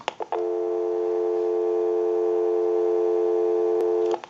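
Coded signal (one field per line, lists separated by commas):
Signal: telephone call progress tone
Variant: North America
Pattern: dial tone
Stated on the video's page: Tone heard through a designer desk telephone during checkout and repair.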